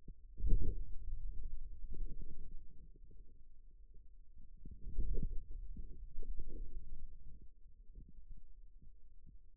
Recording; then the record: forearm muscle sounds (acoustic myography)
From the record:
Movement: wrist extension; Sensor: system 2, bracelet of six BSWA MPA416 microphones around the upper forearm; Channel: 5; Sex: male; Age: 22 years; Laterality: right